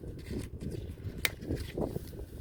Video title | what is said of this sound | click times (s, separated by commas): Setting up Drip Depot Drip Tape. Brand new drip system install | the hands so it should just snap into place like that and you should be good to go | 1.3 s